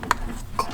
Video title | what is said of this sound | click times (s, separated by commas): Tuning the X3M40i! - BMW G01 | Just need to clip it in until it clicks into place, and now we can mount this back here out of sight, | 0.1 s